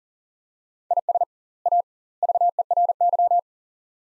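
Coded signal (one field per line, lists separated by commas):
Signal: Morse code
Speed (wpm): 40 wpm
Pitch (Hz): 700 Hz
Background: none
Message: IS A VERY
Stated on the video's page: Morse practice of three-word sets at 40 wpm with double word spacing, a Farnsworth-like method, each set sent then spoken.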